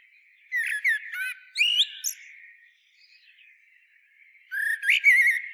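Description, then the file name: Eurasian blackbird: short fluted notes and a high twitter, a pause of about two seconds, then another rising whistled phrase. "Turdus merula"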